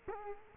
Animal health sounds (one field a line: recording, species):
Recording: mosquito wingbeat signal from an infrared sensor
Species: Culex quinquefasciatus